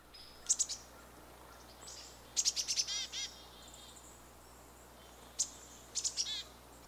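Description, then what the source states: Great Tit singing, short bursts of high thin notes in quick clusters separated by pauses, over a steady low hum. Song, played as an example.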